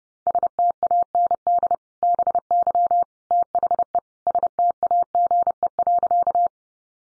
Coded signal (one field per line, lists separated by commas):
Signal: Morse code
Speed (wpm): 30 wpm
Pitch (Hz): 700 Hz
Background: none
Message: STAND BY THE STAGE.